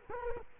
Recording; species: mosquito wingbeat signal from an infrared sensor; Culex quinquefasciatus